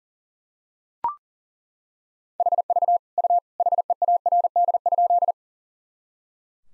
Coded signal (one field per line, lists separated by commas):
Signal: Morse code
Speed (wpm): 37 wpm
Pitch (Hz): 700 Hz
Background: none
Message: HV U HEARD?